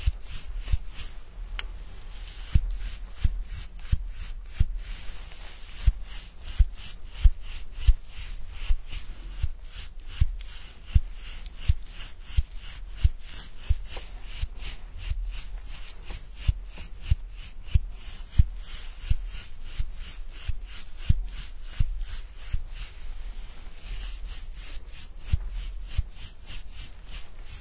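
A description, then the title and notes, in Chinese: A hair-washing and scalp-massage session: dense, crackly rubbing and squishing sounds run without pause for the whole stretch. Sharper little snaps stand out roughly twice a second in a fairly regular rhythm, over a soft low rumble. 沉浸式洗头体验 & 头皮按摩。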